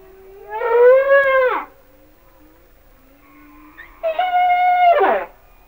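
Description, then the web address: Humpback whale song with two loud harmonic wails, each holding steady then sliding sharply downward, separated by a faint low hum. "Natures Songs Whale Songs Sounds of Nature - Humpback Whales"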